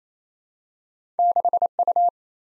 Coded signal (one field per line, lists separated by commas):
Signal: Morse code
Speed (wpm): 28 wpm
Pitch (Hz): 700 Hz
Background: none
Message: 6U